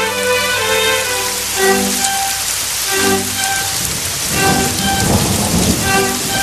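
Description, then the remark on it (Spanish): Steady, loud rain hisses throughout, joined by deep thunder-like rumbling in the second half, while sustained melodic tones rise and fall over the downpour. “Con esta llovizna que es casi una brizna, sus quejas parecen sobrar.”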